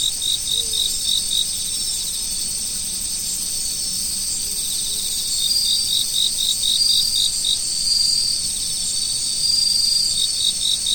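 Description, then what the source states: Insect chorus with rapid high chirps repeated in bursts at the start and middle, over a continuous shrill background hum of many insects. Insects recorded in autumn.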